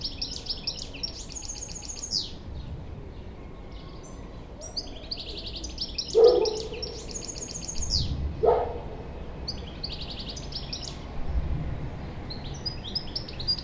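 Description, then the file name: European goldfinch calls, bursts of high, tinkling twitters recurring every few seconds, with two low thuds around the middle and steady background noise. "Carduelis carduelis"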